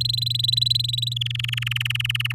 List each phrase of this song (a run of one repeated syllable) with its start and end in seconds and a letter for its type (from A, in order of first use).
0.00-1.14 A, 1.16-2.33 B